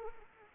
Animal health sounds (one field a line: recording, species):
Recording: mosquito wingbeat signal from an infrared sensor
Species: Anopheles arabiensis